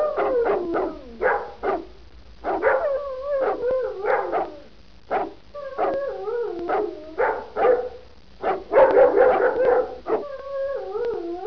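Dog barking in quick irregular bursts, mixed with wavering whine-like tones between the barks.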